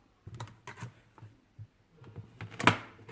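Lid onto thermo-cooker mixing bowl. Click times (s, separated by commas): 2.6 s, 2.7 s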